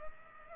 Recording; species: mosquito wingbeat signal from an infrared sensor; Culex pipiens